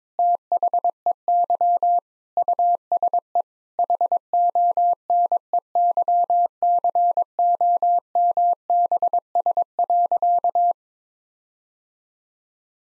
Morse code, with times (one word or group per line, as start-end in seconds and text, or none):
0.2-2.0 THEY
2.4-3.4 USE
3.8-10.7 HONEYCOMBS.